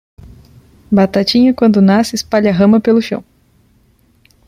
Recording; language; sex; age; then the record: short text; Brazilian Portuguese; female; 20 to 29 years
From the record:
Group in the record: control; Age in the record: 26 years